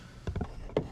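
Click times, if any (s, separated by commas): none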